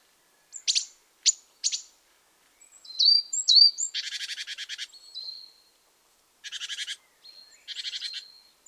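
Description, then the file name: Great tit calls: a few sharp high notes, then rapid buzzy churring bursts of half a second to a second each, mixed with thin whistled notes around them. "Parus major"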